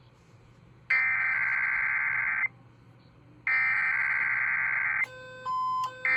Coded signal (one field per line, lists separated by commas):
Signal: Emergency Alert System (SAME) tones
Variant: header bursts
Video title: EAS 1356-1358: KDKA EAS Test + WAHC Relays